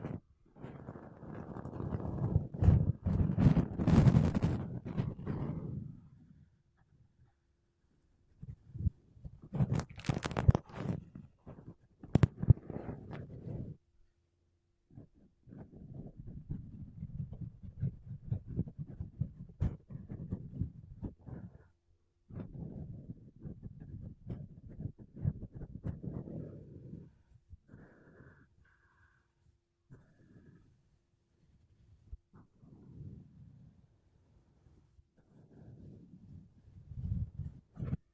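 Makeup brushes and a sponge rub and brush against a microphone in bursts of soft, low, muffled scratching, each lasting a few seconds with short silences between. The strongest, brightest strokes come in the first six seconds and around ten to thirteen seconds, with quieter swishes afterward.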